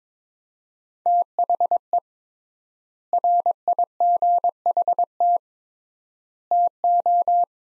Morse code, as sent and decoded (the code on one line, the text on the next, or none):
- .... . / .-. .. --. .... - / - ---
THE RIGHT TO